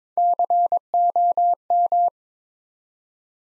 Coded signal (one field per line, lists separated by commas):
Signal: Morse code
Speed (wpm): 22 wpm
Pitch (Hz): 700 Hz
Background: none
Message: COM